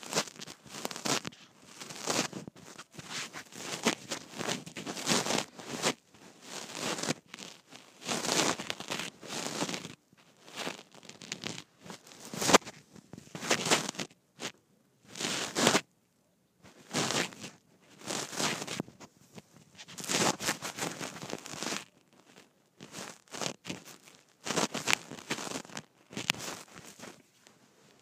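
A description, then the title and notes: A microphone rubs against a shirt, making bursts of scratchy, hissing fabric noise. The rustles come in irregular swipes of a second or two, some loud and crackly, with short silent pauses between them throughout. ASMR Microphone on Shirt.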